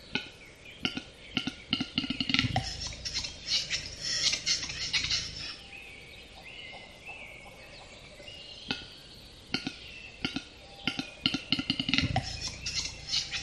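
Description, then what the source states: Western capercaillie producing sharp wooden clicks, first scattered and then accelerating into a fast rattling series, with songs of small birds behind. Recorded close by.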